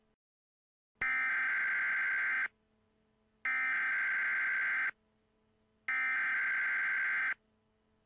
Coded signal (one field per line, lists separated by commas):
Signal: Emergency Alert System (SAME) tones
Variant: header bursts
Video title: EAS Scenario #5 The Black Hole From Outer Space